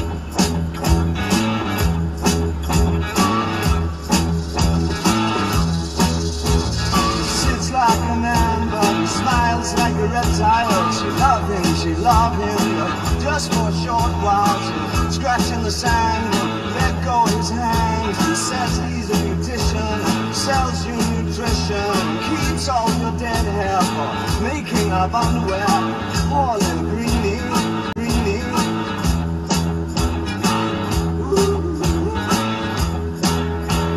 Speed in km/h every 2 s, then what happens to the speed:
61, 60, 58, 55, 50, 42, 32, 23, 13, 5, 0, 0, 0, 0, 0, 0, 0.
0-19 slows to 0. 19-34 standing.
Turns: none.